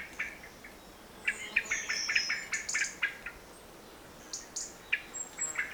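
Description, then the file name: Common blackbird giving sharp, clicking chink notes in loose rapid runs, strongest in the middle seconds and again near the end, with thin high whistles. "Turdus merula"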